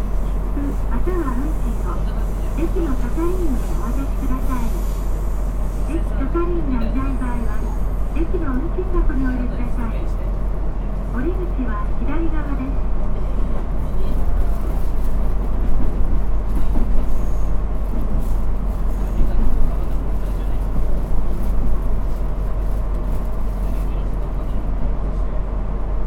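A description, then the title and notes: A Kyushu Railway 200 series diesel train runs along with a steady low rumble and clatter throughout. For the first twelve seconds or so a voice speaks in short phrases over the engine, then the running noise carries on alone, swelling slightly around the middle. JR九州 200系気動車の走行音です。 久大線の普通列車で録音しました。 区間は、大分から賀来までです。 It is running sound of the Kyushu Railway Company 200 series diesel. I recorded on a local train of Kyudai line.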